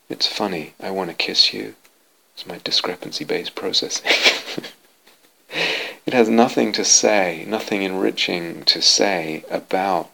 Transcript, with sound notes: it's funny: "I want to kiss you. It's my discrepancy-based processing." [laughs] It has nothing to say, nothing enriching to say about